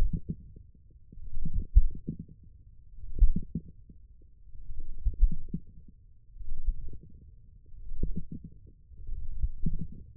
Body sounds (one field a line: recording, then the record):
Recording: forearm muscle sounds (acoustic myography)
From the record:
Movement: wrist extension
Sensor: system 1, eight BSWA MPA416 microphones around the upper forearm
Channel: 3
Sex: male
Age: 20 years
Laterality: left